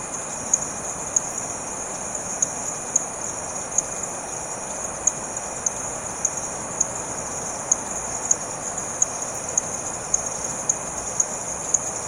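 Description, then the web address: Insects calling: a steady, high-pitched continuous buzz throughout, punctuated by regular faint clicks, over a soft hiss of background noise. Late evening in a village in Maranhão on the north-east coast of Brazil. "BBC. frogs and insects late evening maranhao village ne coast brazil"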